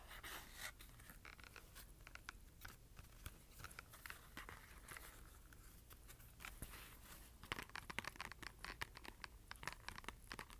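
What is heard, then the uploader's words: Scratching and tapping on cardboard: a dense, uneven run of dry clicks, taps and short scrapes, mostly in the bright, papery range. Activity stays busy throughout and grows thicker and sharper after about seven and a half seconds, over a faint low hum. ASMR Scratching and Tapping Cardboard.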